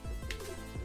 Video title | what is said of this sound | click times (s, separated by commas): LEGO Unbox & Build - Keith Haring's Dancing Figures | Nice satisfying click. | 0.3 s